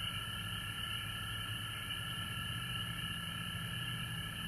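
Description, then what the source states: Frog chorus of many overlapping callers, continuous pulsing trills at a mid and a higher pitch, with a low rumble underneath. Recorded at home in Georgia on March 19, 2020.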